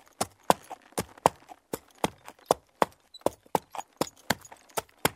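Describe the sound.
Horse hooves clopping, crisp knocks in a quick, slightly uneven rhythm.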